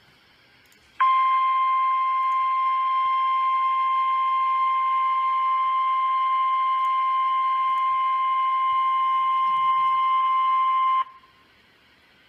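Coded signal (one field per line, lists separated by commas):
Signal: Emergency Alert System (SAME) tones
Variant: 1050 Hz attention tone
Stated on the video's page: Weekly test and severe thunderstorm alerts received on NOAA weather radio station KEC58.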